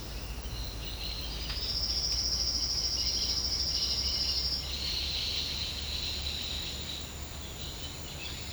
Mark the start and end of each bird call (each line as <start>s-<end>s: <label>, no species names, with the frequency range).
0.57s-6.95s: bird call (2.3-4.6 kHz)